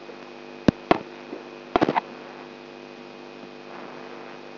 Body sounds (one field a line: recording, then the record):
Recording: brain microelectrode recording played as sound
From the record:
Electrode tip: outside the subthalamic nucleus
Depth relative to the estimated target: 4 mm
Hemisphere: right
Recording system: AlphaMap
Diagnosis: Parkinson's disease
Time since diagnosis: 13 years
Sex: female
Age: 63 years